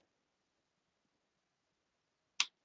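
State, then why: Seated. A bent piece of HO flex track is pushed on a model railroad so its rail end seats inside a metal rail joiner; after a failed first try, it catches. Near-silence gives way to a single sharp, bright click at 2.4 s as the rail end seats in the joiner.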